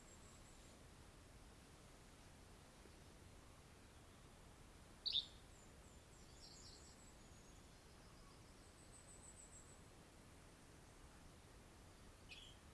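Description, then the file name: Yellow-bellied flycatcher giving one short, sharp song phrase midway, with faint high sounds and steady background hiss. "YBFL SONG - Yellow-bellied Flycatcher - Empidonax flaviventris"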